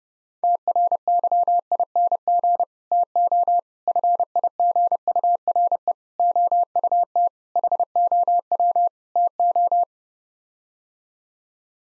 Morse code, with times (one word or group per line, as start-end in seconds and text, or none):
0.4-2.6 TRYING
2.9-3.6 TO
3.9-5.9 FIGURE
6.2-7.3 OUT
7.6-8.9 HOW
9.2-9.8 TO